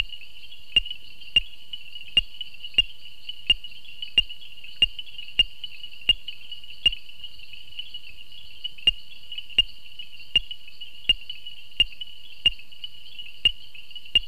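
Painted reed frog producing short sharp clicks repeated roughly every half to one second, with a brief pause midway, above a constant high-pitched droning chorus.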